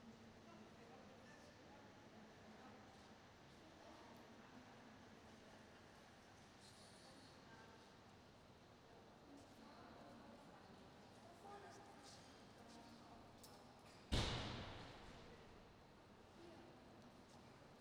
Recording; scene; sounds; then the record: everyday scene through a hearing-aid microphone; reverberant space; background noise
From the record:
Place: railway station hall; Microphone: in the ear canal, right